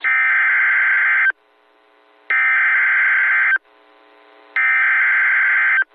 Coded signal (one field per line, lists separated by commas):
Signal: Emergency Alert System (SAME) tones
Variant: header bursts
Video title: Special Marine Warning (EAS 272)